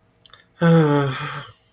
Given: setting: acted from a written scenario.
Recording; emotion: vocal sound without words; shame